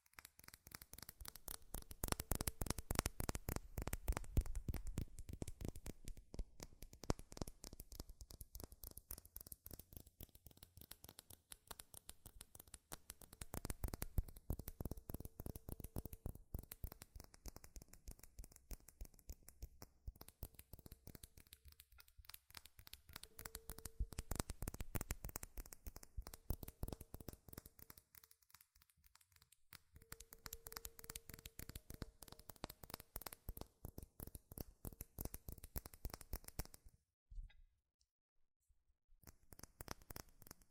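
Rapid, dense tapping on metal runs almost without pause, a flurry of sharp clicks that surges and eases in waves. A faint steady ringing tone sits underneath at times. Near the end the tapping stops briefly before a few last taps.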